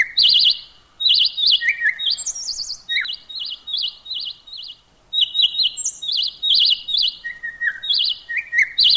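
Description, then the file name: Bird singing rapid strings of buzzy chirps and trills, pitch jumping between higher and lower notes, with a brief pause in the middle. "tiengchimhot dangcapnhat"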